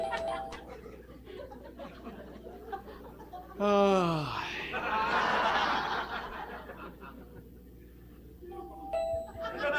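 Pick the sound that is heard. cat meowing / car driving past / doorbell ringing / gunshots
doorbell ringing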